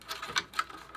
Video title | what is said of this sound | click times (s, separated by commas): WATER SOFTENER Troubleshooting – CONSTANTLY DRAINING | bring that back and that'll snap into place | 0.4 s, 0.6 s